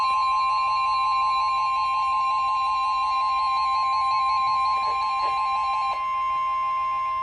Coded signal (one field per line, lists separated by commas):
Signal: Emergency Alert System (SAME) tones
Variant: 1050 Hz attention tone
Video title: New Apartment + 12-250 Glitch | EAS Alerts from 3/23/25